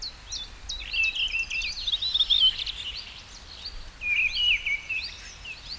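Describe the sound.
Bird song: rapid, varied warbling phrases of high chirps and twittering notes, in two bursts separated by a brief pause, over a quiet background hiss.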